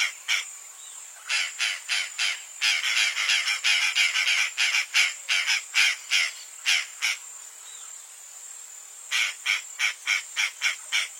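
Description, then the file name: Purplish jay giving grating squawks in a dense rapid series, then a pause and a renewed burst of harsh calls near the end, over steady high hiss. Pantanal. "canto da gralha do pantanal"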